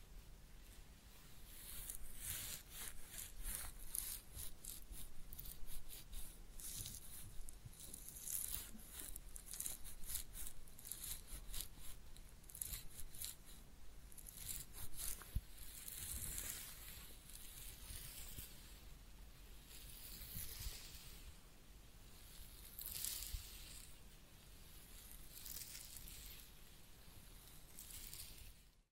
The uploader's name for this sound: Real Head Massage and Ear Cleaning